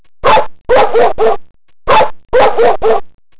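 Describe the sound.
Dog barking: two bursts of three harsh, rapid barks, the sets separated by a brief pause, with no other sounds.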